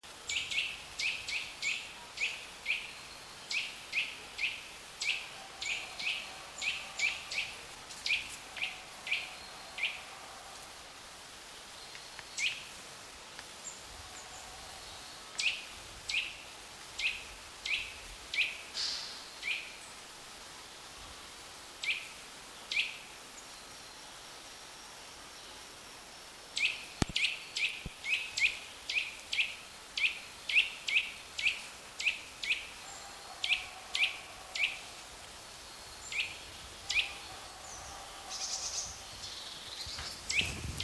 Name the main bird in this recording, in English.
Eurasian Nuthatch